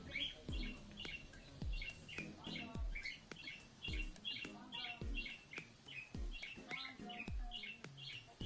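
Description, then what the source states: Cockatiel giving rapid high chirps in bursts roughly every second, over loud thumping music with a steady beat. Lutino colour form.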